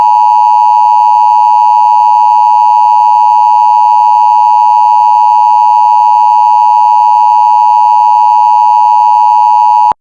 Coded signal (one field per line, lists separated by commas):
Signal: Emergency Alert System (SAME) tones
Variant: 853 and 960 Hz attention tone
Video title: Cringe Nevada￼ (a eas scenario)￼